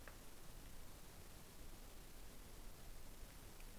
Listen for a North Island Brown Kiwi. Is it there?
no